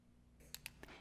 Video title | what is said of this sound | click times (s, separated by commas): FreeStyle Optium Neo - Testing your blood glucose | twist off the lancet cover replace the cap until it snaps or clicks into place | 0.5 s, 0.7 s